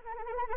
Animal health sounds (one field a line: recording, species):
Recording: mosquito wingbeat signal from an infrared sensor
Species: Anopheles arabiensis